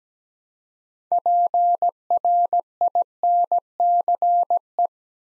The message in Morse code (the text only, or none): PRINCE